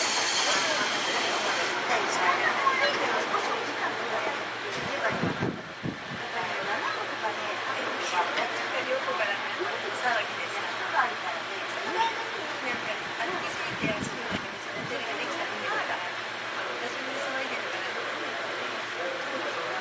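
Aboard a Sotetsu 7000 series train, a steady dense rumble and hiss carry voices, with a brief dip and low thumps near five and fourteen seconds.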